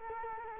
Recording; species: mosquito wingbeat signal from an infrared sensor; Culex quinquefasciatus